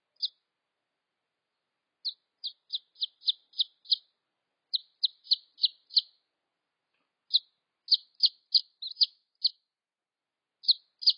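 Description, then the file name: Red junglefowl chick peeping: high, thin, downslurred notes given in irregular bursts and small runs, with short silent gaps between groups. "tieng ga rung keu tieng ga con"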